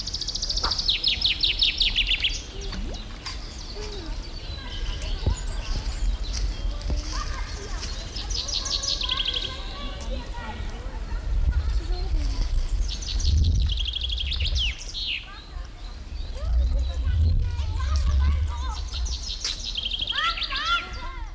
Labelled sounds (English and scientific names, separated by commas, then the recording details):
Common Chaffinch (Fringilla coelebs)
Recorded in the wild
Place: Mühlenbeck, Brandenburg, DE
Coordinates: 52.67, 13.38
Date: 1996-04-28 14:47
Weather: heiter-wolkig, 17°C
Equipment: Sony MD-WM MZ-R3, Sennheiser MKH 416 T, Kopie Uher 4000 Report Monitor
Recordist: Tembrock, Günter
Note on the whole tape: Gesang. Schloß Dammsmühle im Mühlenbecker Wald